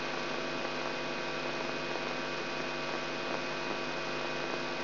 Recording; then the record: brain microelectrode recording played as sound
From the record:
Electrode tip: outside the subthalamic nucleus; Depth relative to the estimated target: -8 mm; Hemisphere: right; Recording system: AlphaMap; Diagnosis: Parkinson's disease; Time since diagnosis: 16 years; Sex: male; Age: 67 years